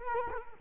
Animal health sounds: mosquito wingbeat signal from an infrared sensor; Culex quinquefasciatus

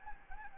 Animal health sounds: mosquito wingbeat signal from an infrared sensor; Anopheles gambiae

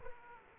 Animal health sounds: mosquito wingbeat signal from an infrared sensor; Aedes aegypti

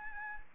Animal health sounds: mosquito wingbeat signal from an infrared sensor; Anopheles arabiensis

